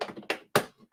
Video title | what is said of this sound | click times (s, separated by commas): Blitz Bounties - TVC The Ghost HasLab UNBOXING! | that clicked into place very nicely I'll show you guys that from the front | 0.6 s